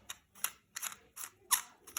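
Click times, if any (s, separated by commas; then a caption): 0.1 s, 0.4 s, 0.8 s, 2.0 s. The new threaded section of a pressed brass E27 lamp holder is screwed by hand onto the retained section, and its spring locking barb ratchets over the outer shell. Small, sharp metallic clicks sound at 0.1, 0.4, 0.8 and 2.0 seconds, with softer ticks in between. The locking barb clicks against the outside as the sections go together, and the holder is seated.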